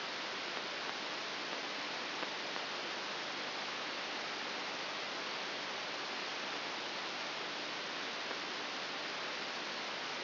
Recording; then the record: brain microelectrode recording played as sound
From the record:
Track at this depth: outside the subthalamic nucleus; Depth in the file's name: 7.001 mm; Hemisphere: right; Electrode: 3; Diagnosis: Parkinson's disease